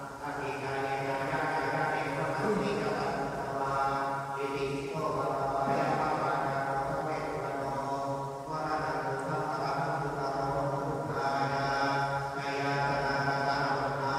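Monks chant together in a steady, low drone, many male voices holding long tones in unison. The chant moves in phrases with brief breaths around 2, 5, 8 and 12 seconds, and the level stays even throughout.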